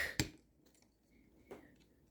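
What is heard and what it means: A plastic hook tab on a transforming robot toy is pressed into its slot on the body, on the second side. A sharp click at 0.2 s marks the tab seating, followed by quiet handling and a softer burst of noise around 1.5 s. The hook tab is seated.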